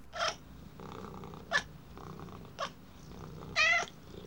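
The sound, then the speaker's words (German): A small male kitten with a black spot purrs while held in someone's arms, in a steady, soft low rumble, broken by four brief, higher-pitched bursts spaced about a second apart, the last one slightly longer and louder. No one speaks. “Kann ich Flecki mal auf den Arm nehmen? Er sieht so weich und kuschelig aus.”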